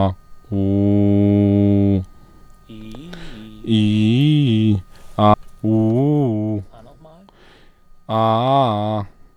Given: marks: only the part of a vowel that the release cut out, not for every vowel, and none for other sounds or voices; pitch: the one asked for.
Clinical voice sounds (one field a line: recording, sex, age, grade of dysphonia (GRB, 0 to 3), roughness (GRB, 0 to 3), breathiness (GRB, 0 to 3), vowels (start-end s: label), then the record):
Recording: sustained vowels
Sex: male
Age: 20 to 29 years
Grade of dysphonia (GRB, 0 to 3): 0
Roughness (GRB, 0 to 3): 0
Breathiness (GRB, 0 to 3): 0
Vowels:
0.58-1.92 s: vowel /u/, low pitch
3.73-4.69 s: vowel /i/, low-high-low pitch
5.69-6.51 s: vowel /u/, low-high-low pitch
8.15-8.94 s: vowel /a/, low-high-low pitch
From the record:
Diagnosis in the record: healthy voice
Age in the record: 28 years